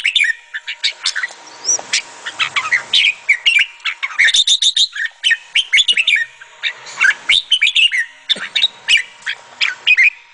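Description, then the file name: Sooty-headed bulbul song, a dense run of quick chirps and short whistled notes in bursts with brief pauses between, over a steady faint tone. "suara kutilang jambul"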